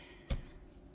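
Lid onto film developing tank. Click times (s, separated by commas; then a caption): 0.3 s. A plastic lid, lined up by its keyway, is pressed down onto the body of a Lomography daylight film developing tank holding exposed film wrapped on a spool. A single sharp click at 0.3 s is heard as the lid snaps into place, and it is seated.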